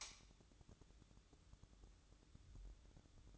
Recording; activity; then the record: daily activity, microphone in the room; light on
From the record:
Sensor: 3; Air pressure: 1007.9 hPa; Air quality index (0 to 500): 108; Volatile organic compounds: 1 ppm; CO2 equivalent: 905 ppm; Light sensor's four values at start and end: 10/23/9/9 and 15/38/16/15